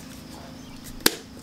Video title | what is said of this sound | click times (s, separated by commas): WeBoost Drive Reach Overland Unbox - Install 2020 Ford F250 #overland #overlanding #camping | you can just Mount this up wherever you're going to do it and then this will snap right into place | 1.1 s